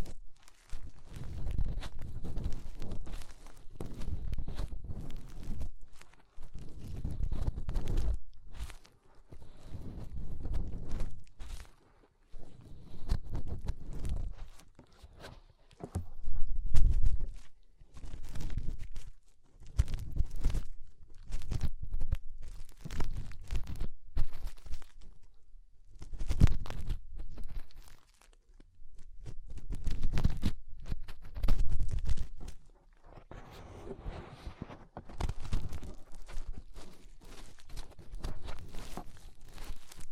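Fingers rubbing inside the ear make muffled, low thumping scrapes in uneven bursts, pausing briefly every few seconds, with occasional sharper crackles.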